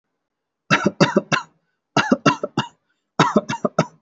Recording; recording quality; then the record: shallow voluntary cough; excellent, no background noise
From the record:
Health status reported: healthy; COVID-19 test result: negative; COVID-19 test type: RT-PCR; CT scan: not taken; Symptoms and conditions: none ticked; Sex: male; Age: 23 years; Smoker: no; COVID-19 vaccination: one dose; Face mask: not worn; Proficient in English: yes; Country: India